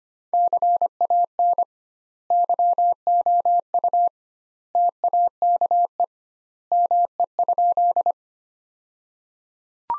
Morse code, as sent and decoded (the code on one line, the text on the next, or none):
-.-. .- -. / -.-- --- ..- / - .- -.- . / -- . ..--..
CAN YOU TAKE ME?